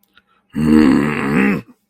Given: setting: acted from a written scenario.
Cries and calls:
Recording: vocal sound without words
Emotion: anger

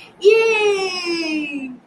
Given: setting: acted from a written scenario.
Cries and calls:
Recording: vocal sound without words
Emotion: triumph

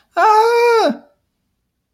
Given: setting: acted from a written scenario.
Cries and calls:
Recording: vocal sound without words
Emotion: distress

